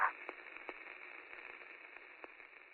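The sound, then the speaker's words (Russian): Steady, band-limited radio static hisses throughout, broken by a few sharp crackling pops, with a thin high whine running underneath and no voices. “Молодые голоса запели, неразборчиво, сквозь помехи.”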